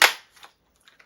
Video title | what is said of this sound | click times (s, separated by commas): QIDI 580 SR22 RTF RC Airplane | And then it clicks right in place. | 0.0 s